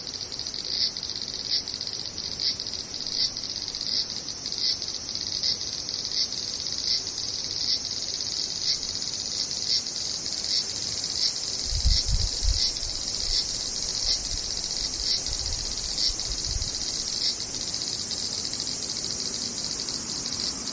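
Cicadas drone steadily throughout, a dense, shrill buzz high in pitch with a faint regular pulsing about twice per second. Low rumbling thumps appear briefly around twelve seconds and again near sixteen seconds beneath the constant insect chorus.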